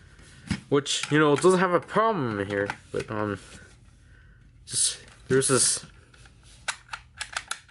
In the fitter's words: here and you're like you just pushed in that locks into place and when you push pull